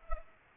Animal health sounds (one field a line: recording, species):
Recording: mosquito wingbeat signal from an infrared sensor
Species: Culex pipiens